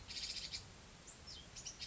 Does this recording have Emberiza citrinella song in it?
no